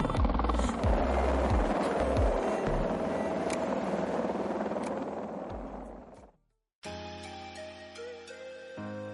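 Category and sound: vehicle, helicopter arriving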